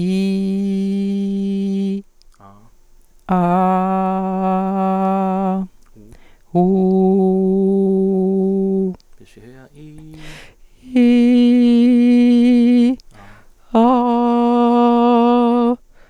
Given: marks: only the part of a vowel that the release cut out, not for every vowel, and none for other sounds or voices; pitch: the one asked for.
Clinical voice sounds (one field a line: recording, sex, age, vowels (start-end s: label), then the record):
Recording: sustained vowels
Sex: female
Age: 40 to 49 years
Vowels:
0.00-1.85 s: vowel /i/, normal pitch
3.47-5.45 s: vowel /a/, normal pitch
6.78-8.74 s: vowel /u/, normal pitch
11.11-12.73 s: vowel /i/, high pitch
14.18-15.51 s: vowel /a/, high pitch
From the record:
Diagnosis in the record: singing voice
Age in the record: 43 years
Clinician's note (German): Ausgebildete Gesangsstimme